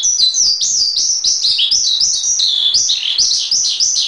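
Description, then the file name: Asian pied starling song: fast, high whistled slurs, many dropping in pitch, delivered in an unbroken stream. Master training recording. "master js omkicau"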